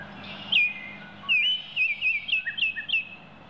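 Oriole giving slurred, whistled notes that swoop up and down, one opening phrase then a quick run of several descending slurs, with low background hum.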